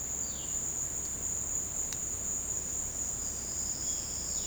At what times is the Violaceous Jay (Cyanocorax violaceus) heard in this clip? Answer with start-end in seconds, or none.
0.18-0.77, 3.80-4.47